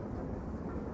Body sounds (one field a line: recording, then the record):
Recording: background sound without coughing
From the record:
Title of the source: Train Ride Ambience ambient white noise for sleeping, focus, studying, reading